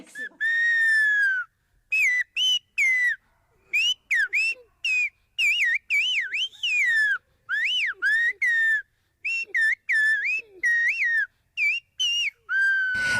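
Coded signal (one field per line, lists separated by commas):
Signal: whistled language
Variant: Silbo Gomero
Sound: loud gliding whistles rising and falling between syllable-like bursts and short pauses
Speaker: ang silb homero ay isang whistled speech o Whistle language kung saan ang mga parirala at mga salita ay inilalabas gamit ang mga Whistle sounds sa halip ng mga salita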